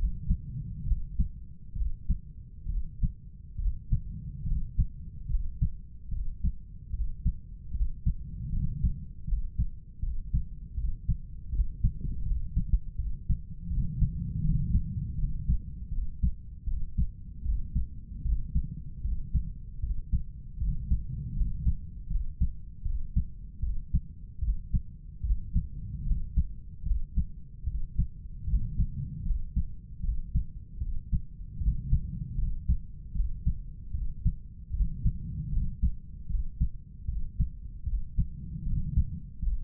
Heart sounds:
heart sounds by stethoscope; 76 bpm
0.88 s: heartbeat
1.77 s: heartbeat
2.70 s: heartbeat
3.59 s: heartbeat
4.47 s: heartbeat
5.30 s: heartbeat
6.12 s: heartbeat
6.94 s: heartbeat
7.75 s: heartbeat
8.53 s: heartbeat
9.28 s: heartbeat
10.03 s: heartbeat
10.77 s: heartbeat
11.53 s: heartbeat
12.26 s: heartbeat
12.99 s: heartbeat
13.71 s: heartbeat
14.45 s: heartbeat
15.19 s: heartbeat
15.92 s: heartbeat
16.67 s: heartbeat
17.45 s: heartbeat
18.25 s: heartbeat
19.04 s: heartbeat
19.83 s: heartbeat
20.61 s: heartbeat
21.37 s: heartbeat
22.11 s: heartbeat
22.85 s: heartbeat
23.63 s: heartbeat
24.42 s: heartbeat
25.24 s: heartbeat
26.07 s: heartbeat
26.86 s: heartbeat
27.67 s: heartbeat
28.48 s: heartbeat
29.26 s: heartbeat
30.04 s: heartbeat
30.81 s: heartbeat
31.61 s: heartbeat
32.38 s: heartbeat
33.15 s: heartbeat
33.94 s: heartbeat
34.74 s: heartbeat
35.52 s: heartbeat
36.30 s: heartbeat
37.08 s: heartbeat
37.87 s: heartbeat
38.66 s: heartbeat
39.43 s: heartbeat
From the record:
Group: healthy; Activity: cold pressor test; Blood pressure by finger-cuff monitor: 139/92 mmHg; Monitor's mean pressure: 104 mmHg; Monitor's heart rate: 76 bpm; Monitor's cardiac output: 7.7 L/min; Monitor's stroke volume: 102 mL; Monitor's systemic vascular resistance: 1000 dyn s/cm5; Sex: male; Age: 30 years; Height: 188 cm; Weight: 110.2 kg

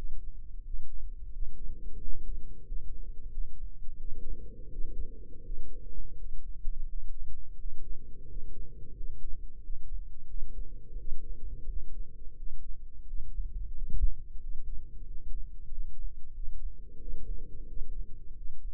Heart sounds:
heart sounds by microphone in the left ear; 88 bpm
0.63 s: heartbeat
1.31 s: heartbeat
1.98 s: heartbeat
2.65 s: heartbeat
3.30 s: heartbeat
3.97 s: heartbeat
4.69 s: heartbeat
5.42 s: heartbeat
6.15 s: heartbeat
6.86 s: heartbeat
7.56 s: heartbeat
8.26 s: heartbeat
8.94 s: heartbeat
9.60 s: heartbeat
10.27 s: heartbeat
10.96 s: heartbeat
11.66 s: heartbeat
12.35 s: heartbeat
13.04 s: heartbeat
13.72 s: heartbeat
14.39 s: heartbeat
15.04 s: heartbeat
15.68 s: heartbeat
16.32 s: heartbeat
16.98 s: heartbeat
17.65 s: heartbeat
18.34 s: heartbeat
From the record:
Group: healthy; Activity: rest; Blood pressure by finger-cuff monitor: 115/73 mmHg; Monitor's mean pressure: 86 mmHg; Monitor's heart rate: 87 bpm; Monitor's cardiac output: 7.6 L/min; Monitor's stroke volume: 88 mL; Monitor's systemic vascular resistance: 830 dyn s/cm5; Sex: male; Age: 33 years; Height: 179 cm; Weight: 80.4 kg

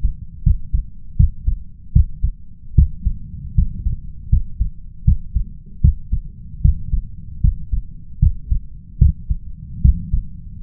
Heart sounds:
heart sounds by stethoscope; 77 bpm
0.43 s: heartbeat
1.16 s: heartbeat
1.92 s: heartbeat
2.74 s: heartbeat
3.54 s: heartbeat
4.29 s: heartbeat
5.04 s: heartbeat
5.81 s: heartbeat
6.61 s: heartbeat
7.40 s: heartbeat
8.19 s: heartbeat
8.98 s: heartbeat
9.81 s: heartbeat
10.59 s: heartbeat
From the record:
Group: healthy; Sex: male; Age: 21 years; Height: 180 cm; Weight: 67.5 kg

